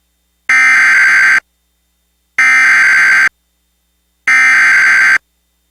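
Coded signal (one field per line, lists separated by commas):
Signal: Emergency Alert System (SAME) tones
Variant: header bursts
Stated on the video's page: Fictional mock alert for a destructive severe thunderstorm, shown on a cable headend using a custom DASDEC-II screen.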